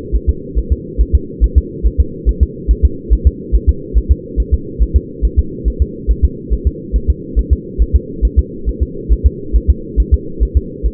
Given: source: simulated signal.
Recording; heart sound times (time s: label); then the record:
fetal heart sounds
0.16 s: S1
0.29 s: S2
0.59 s: S1
0.72 s: S2
1.01 s: S1
1.15 s: S2
1.44 s: S1
1.58 s: S2
1.86 s: S1
2.00 s: S2
2.29 s: S1
2.43 s: S2
2.71 s: S1
2.85 s: S2
3.13 s: S1
3.27 s: S2
3.55 s: S1
3.69 s: S2
3.98 s: S1
4.12 s: S2
4.40 s: S1
4.54 s: S2
4.82 s: S1
4.96 s: S2
5.25 s: S1
5.39 s: S2
5.68 s: S1
5.82 s: S2
6.11 s: S1
6.25 s: S2
6.53 s: S1
6.67 s: S2
6.96 s: S1
7.10 s: S2
7.39 s: S1
7.53 s: S2
7.82 s: S1
7.96 s: S2
8.25 s: S1
8.39 s: S2
8.69 s: S1
8.82 s: S2
9.12 s: S1
9.26 s: S2
9.56 s: S1
9.70 s: S2
10.00 s: S1
10.14 s: S2
10.43 s: S1
10.57 s: S2
10.86 s: S1
From the record:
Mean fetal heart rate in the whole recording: 140 bpm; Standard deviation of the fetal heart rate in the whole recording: 2 bpm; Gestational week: 34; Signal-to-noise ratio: -4.3 dB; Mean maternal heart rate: 72 bpm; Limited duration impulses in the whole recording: absent